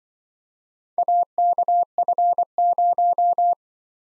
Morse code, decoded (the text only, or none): AKF0